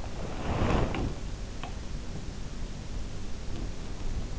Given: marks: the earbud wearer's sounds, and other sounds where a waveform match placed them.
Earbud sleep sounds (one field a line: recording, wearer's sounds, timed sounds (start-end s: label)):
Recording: sounds in sleep by an in-ear microphone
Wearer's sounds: body movement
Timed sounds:
0.00-1.46 s: body movement